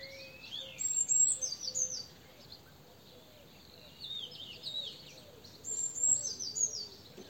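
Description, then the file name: Eurasian blue tit calls: very high thin notes followed by falling runs of notes, in three bouts, with faint lower notes underneath. "Cyanistes caeruleus"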